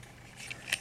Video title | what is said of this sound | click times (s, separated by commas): Toys from the attic E217 combiner wars Blads | here again move them back down and make sure that this is locked into place then | 0.7 s